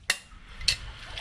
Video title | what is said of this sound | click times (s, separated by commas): Homemade fur hangers after running the line. | Now we're going to listen for that click on that night latch. | 0.1 s, 0.7 s